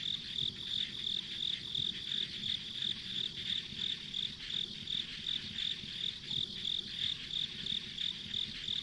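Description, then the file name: Steady insect chorus: sharp high chirps repeating near three times per second over a constant buzzing trill and faint low rumble. Ambient insect sounds recorded on a country road. "田舎道の虫の環境音"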